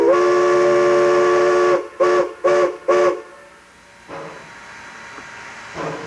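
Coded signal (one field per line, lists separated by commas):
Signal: train horn signal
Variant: steam locomotive whistle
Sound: one long steam whistle blast then three short blasts, chordal and breathy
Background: locomotive steam hiss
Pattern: 1 long, 3 short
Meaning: Making an unexpected stop on the main line; flagman to protect the rear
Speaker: One long and three shorts is the whistle signal used to indicate to somebody on the rear of the train that you are making an unexpected stop out on the main line.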